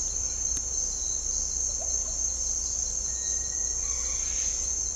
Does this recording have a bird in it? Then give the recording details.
no. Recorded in dense forest near Puerto Asís, Putumayo, Colombia, on 16 December 2024 at 07:00. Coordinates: 0.499, -76.324. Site G045